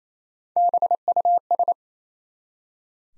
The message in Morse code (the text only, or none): BUS